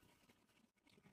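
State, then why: Not seated. A motorcycle disc lock, the version without an alarm, is handled while being set into one of the holes in the brake disc before its metal plunger is pushed. Soft, steady handling and rubbing noises fill the clip, with a brief near-silent dip around 0.7 s. The plunger has not yet locked and nothing has clicked or seated.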